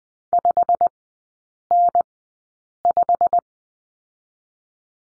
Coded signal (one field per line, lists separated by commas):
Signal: Morse code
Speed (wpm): 19 wpm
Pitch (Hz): 700 Hz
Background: none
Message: 5N5